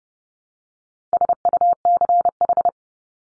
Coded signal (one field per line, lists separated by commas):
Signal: Morse code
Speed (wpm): 30 wpm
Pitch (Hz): 700 Hz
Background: none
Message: SUCH